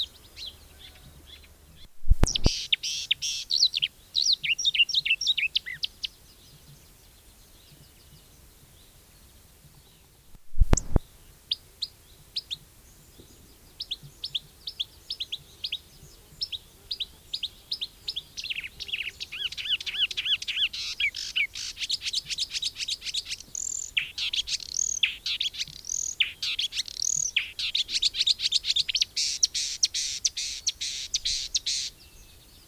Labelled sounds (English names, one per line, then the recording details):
Marsh Warbler song
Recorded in the wild
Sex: male
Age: adult
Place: Langensendelbach, Bayern, DE
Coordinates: 49.6453, 11.0794
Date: 1964-06-13
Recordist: Tretzel, Erwin